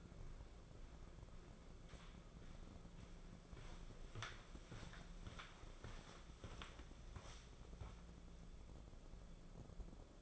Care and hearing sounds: daily activity, microphone in the room; walk to room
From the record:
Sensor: 5

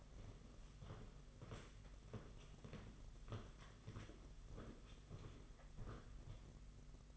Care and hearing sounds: daily activity, microphone in the room; walk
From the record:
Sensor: 4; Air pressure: 992.4 hPa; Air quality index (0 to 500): 140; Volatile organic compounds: 70 ppm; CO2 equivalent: 3514 ppm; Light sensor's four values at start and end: 20/72/26/27 and 20/72/26/28

